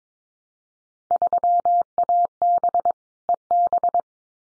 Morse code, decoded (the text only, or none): 3AB EB